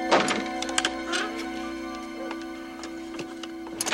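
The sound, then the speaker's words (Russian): A door on the left side of a house, which Marty enters after walking past the front entrance, shuts with a dull thunk at the start, followed by a few light ticking clicks over a steady, low electrical hum. “Пройдя мимо парадного входа, входит в дверь слева от дома.”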